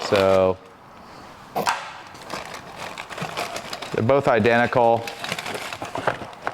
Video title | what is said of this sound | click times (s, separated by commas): New MBB Universal Surf Rack Installed on a Vespa GTS | and this just clicks right in there | 6.1 s, 6.5 s